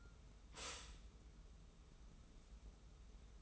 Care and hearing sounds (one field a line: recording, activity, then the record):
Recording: daily activity, microphone in the room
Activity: stop toaster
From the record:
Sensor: 1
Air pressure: 994.4 hPa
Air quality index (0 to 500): 223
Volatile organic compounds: 1000 ppm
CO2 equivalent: 7997 ppm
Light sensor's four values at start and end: 130/299/133/145 and 130/300/133/146